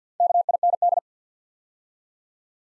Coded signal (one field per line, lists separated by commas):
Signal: Morse code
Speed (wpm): 48 wpm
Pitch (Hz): 700 Hz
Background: none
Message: KIND